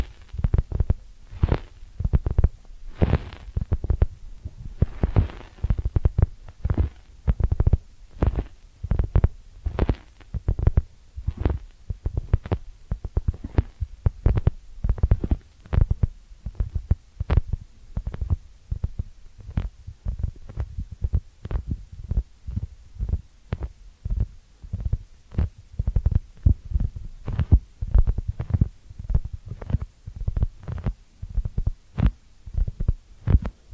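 Ear cleaning sounds, made up of a dense, steady stream of short muffled thumps and rubbing strokes that repeat rapidly across the whole clip. The strokes are mostly low and dull, each with a brief brighter scratchy edge, and they continue without pause or change.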